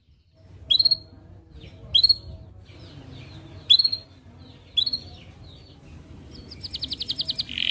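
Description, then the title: Atlantic canary: four bright chirps about a second apart, then a fast rattling trill and a rolling note at the close, with low background rumble. Canary singing actively (gacor), with the best cengkok song phrasing and the most luxurious isian fill, from the Indonesian songbird hobby (kicaumania) scene. "Kenari Gacor Cengkok Terbaik Isian Paling Mewah Kenarigacor Kicaumania Kenari"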